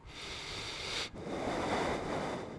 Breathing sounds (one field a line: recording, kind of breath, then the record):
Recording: one breath in and out by a microphone near the nose and mouth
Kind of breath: deep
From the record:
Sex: male